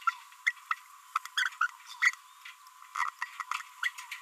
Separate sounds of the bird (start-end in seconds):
0.47-0.51, 0.71-0.74, 1.15-1.18, 1.37-1.49, 1.61-1.70, 2.02-2.14, 2.95-3.09, 3.21-3.25, 3.40-3.42, 3.83-3.88